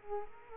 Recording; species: mosquito wingbeat signal from an infrared sensor; Culex quinquefasciatus